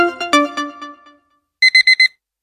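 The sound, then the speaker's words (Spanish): On the radio show Punto Caramelo on Urbana Play 104.3, a short run of bright, ringing electronic tones fades out, then an alarm clock gives four quick, evenly spaced high-pitched beeps. No one speaks. “¿Quién te conoce, despertador?”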